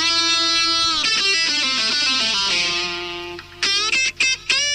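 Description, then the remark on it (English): An electric guitar tone demo of a guitar effects pedal preset, played from an app on an iPhone: a rich, buzzy sustained chord rings out, then shifting melodic notes, ending in a few short choppy bursts. No talking. “They're like the foot pedals, but they're like, let me see. So they got like ….”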